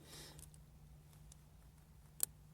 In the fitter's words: right everything should snap into place very